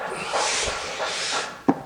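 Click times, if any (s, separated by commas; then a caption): 1.7 s. An installer presses down the next section of the same LifeProof vinyl floor plank joint into the adjacent plank, with a steady broadband rustle of the plank moving before the press. A sharp click at 1.7 s marks the vinyl plank locking into place again, just like the previous click, and is followed by a faint tick just after.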